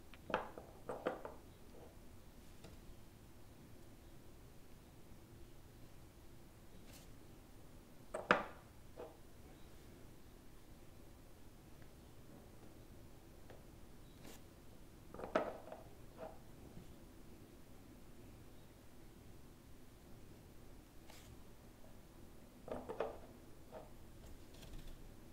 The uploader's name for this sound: At-home flower manicure & natural nail care routine